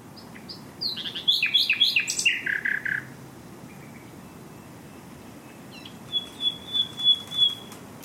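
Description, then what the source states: Common Nightingale song: a burst of rapid varied notes, then after a pause a thin high whistle pulsing several times. Live outdoors at Fingringhoe Wick during a musical performance.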